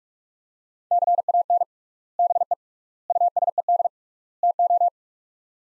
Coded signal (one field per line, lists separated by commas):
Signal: Morse code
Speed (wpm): 43 wpm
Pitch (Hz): 700 Hz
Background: none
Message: CAN BE USED TO